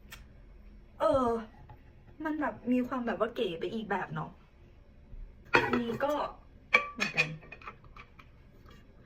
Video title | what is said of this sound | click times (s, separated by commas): ชีวิติในญี่ปุ่น🇯🇵- สามีซื้อของมาเซอร์ไพรส์ ถูกใจแม่บ้านสุดๆ | แล้วมันแบบพอพอแบบล็อคไปแล้วอ่ะมัน | 8.2 s